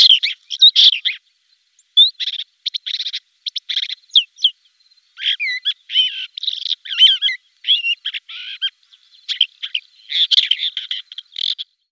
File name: Lanius minor